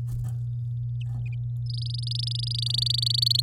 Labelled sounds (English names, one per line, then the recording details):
Domestic Canary song
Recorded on 11 May 2018 at 08:15
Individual llb16